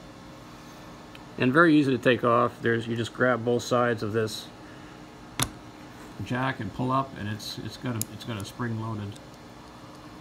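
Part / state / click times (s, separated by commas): electrical connector jack on a portable vapor analyzer / released / 5.4 s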